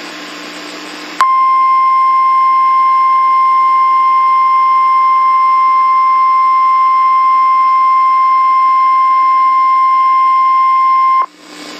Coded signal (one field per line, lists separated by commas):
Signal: Emergency Alert System (SAME) tones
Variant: 1050 Hz attention tone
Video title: Tornado Warning/Emergency: East Limestone, Alabama (04/28/2014)